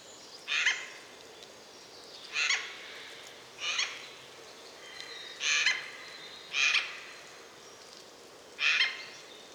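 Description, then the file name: Eurasian jay repeating harsh, scratchy screeches, six in all, spaced about one to two seconds apart, over a quiet background. "Garrulus glandarius"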